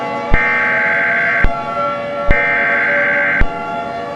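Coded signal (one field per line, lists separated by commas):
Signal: Emergency Alert System (SAME) tones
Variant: header bursts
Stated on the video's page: Fictional EAS scenario, simulated.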